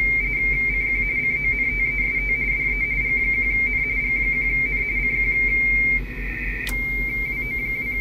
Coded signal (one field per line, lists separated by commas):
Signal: RTTY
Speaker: wow I got to turn up the filter a little bit it's on top of each other